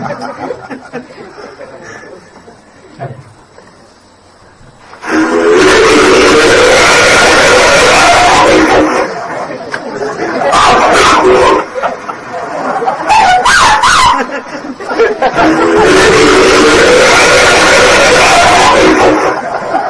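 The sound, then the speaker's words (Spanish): After a few quiet seconds, purported Bigfoot vocalizations recorded in 1978 in the High Sierras of California erupt: loud, harsh, wavering howls and chortling cries in long bursts, broken by brief pauses and sharp, choppy calls. “pero sí quiero que escuchéis como último este que se grabó en las Sierras Altas de California, se grabó también además en el año 1978, y es el que tanto Carlos como yo denominamos el Bigfoot cachondo.”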